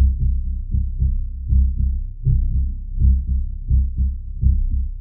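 Deep, bass-heavy adult heartbeat thumps in paired beats at about 80 beats a minute, a genuine heartbeat sound effect with added bass.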